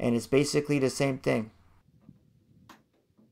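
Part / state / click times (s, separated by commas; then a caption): hood strut socket onto upper ball joint stud / seated / 2.7 s. Someone talks, then the top end of a new hood gas strut on a Lexus, replaced because the hood will not stay up, is pushed onto the upper ball-joint stud. It snaps on with a sharp click at 2.7 s, and the strut socket is seated on the ball joint.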